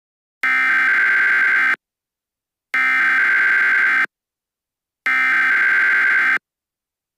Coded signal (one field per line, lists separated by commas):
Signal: Emergency Alert System (SAME) tones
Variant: header bursts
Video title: Turning Red: An EAS Scenario